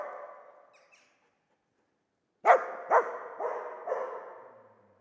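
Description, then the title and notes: Dog barking: a fading echo, a brief silence, then a run of four barks, the first loudest and the rest softening. Old dog trapped in the pool basin of the decaying Palais El Glaoui courtyard, Fès, Morocco; full sun, circling, rising on hind legs to bark at visitors; recorded with Zoom F3 and ORTF microphone. "Fès, Fès-Meknès, Maroc - le chien du palais El Glaoui. Dans la cour du palais (en décrépitude avancée), un vieux chien est "prisonnier" dans le bassin/piscine. Il se dresse sur ses pattes arrières pour entrevoir quelques secondes ce qui se passe dans la cour et "invective" les visiteurs de ses aboiements. JF CAVRO"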